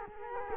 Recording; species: mosquito wingbeat signal from an infrared sensor; Culex quinquefasciatus